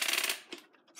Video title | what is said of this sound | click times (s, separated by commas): How-To Hizentra! Subcutaneous Immunoglobulin Infusion + Paranormal Activity?! | there you go hear it click and it won't go anymore so that's how you know it | 0.5 s